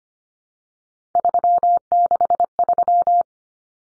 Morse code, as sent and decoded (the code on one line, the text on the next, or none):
...-- -.... ...--
363